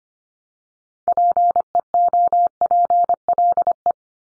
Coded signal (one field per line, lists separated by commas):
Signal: Morse code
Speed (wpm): 25 wpm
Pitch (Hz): 700 Hz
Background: none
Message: PEOPLE